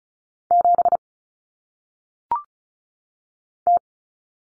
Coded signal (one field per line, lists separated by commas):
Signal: Morse code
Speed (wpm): 36 wpm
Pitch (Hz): 700 Hz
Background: none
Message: 7 T